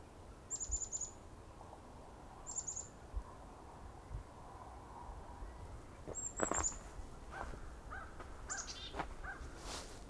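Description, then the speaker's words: Chickadee calls: thin, high, slightly falling notes given at intervals, over a low outdoor rumble. A lone chickadee, followed in hope of finding a mixed flock, since chickadees usually lead to flocks of birds; recorded on 1 January 2021. "So usually chickadees are a good way to find a flock. You hear a chickadee, you'll probably find a flock of birds."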